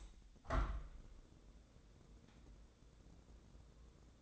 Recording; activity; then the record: daily activity, microphone in the room; open window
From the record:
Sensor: 3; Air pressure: 1012.3 hPa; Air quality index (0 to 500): 112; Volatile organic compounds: 1 ppm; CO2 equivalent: 883 ppm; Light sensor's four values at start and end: 175/421/171/158 and 176/422/173/160